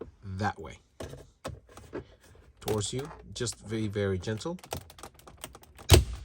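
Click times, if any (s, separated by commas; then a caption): 5.9 s. Someone talks while a plastic dash trim panel in a Jeep dashboard is pulled gently toward the installer. Its retaining clips pop loose with a sharp click at 5.9 s, releasing the panel.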